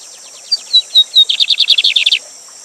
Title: Bigode Gavião Negro Professor De Canto Cantando Ao Vivo Com Cascata